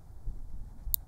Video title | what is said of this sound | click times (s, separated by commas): ROCK ISLAND ARMORY (ARMSCOR) AL22B REVIEW | that's the cylinder stop popping back in place | 0.9 s